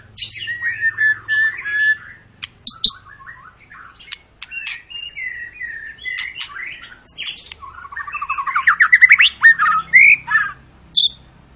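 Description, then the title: White-rumped shama song of mixed whistles, clicks and buzzy trills, with a fast, rising trilled flourish near the end and a few final notes; a low hum sits underneath. Long lure song of a white-rumped shama, used to make other birds sing. "Pancingan Murai Batu Gacor Panjang"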